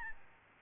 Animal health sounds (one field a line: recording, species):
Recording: mosquito wingbeat signal from an infrared sensor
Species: Aedes albopictus